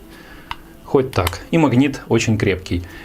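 A magnetic charging cable snaps onto the charging case of Motorola Verve Buds 100 earbuds with a single sharp tick at 0.5 s, held by a very strong magnet. Afterward, someone talks.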